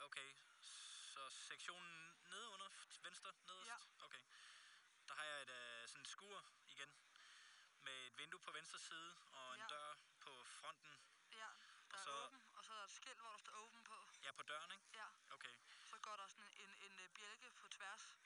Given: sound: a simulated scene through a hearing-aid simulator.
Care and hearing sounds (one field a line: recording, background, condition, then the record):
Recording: conversation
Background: quiet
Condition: 65 dB SPL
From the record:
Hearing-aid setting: I (fast-acting compression, audibility-based gain)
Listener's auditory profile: D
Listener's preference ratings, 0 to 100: 89, 69, 68